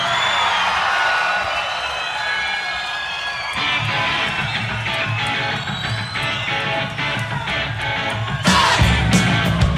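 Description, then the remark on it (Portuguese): A large crowd shouts and cheers continuously, with high whoops and whistles rising over a steady roar. The noise swells louder near the end. “Gritos da multidão.”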